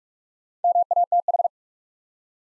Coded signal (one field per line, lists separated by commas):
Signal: Morse code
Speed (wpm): 44 wpm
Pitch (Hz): 700 Hz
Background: none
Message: MATH